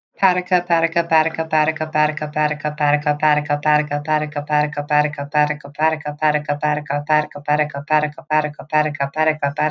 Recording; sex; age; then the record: repeated syllables /pa ta ka/; female; 20 to 29 years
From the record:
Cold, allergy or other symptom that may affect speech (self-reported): no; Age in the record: 25 years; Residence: Connecticut, United States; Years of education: 16